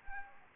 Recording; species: mosquito wingbeat signal from an infrared sensor; Anopheles gambiae